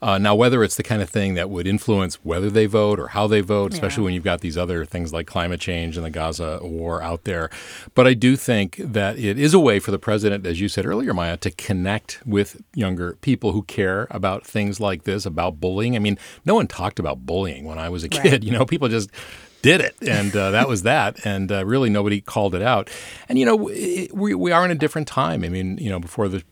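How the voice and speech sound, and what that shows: A man speaks fluently at a conversational pace in a relaxed, low-pitched voice, with a brief interjection from another speaker.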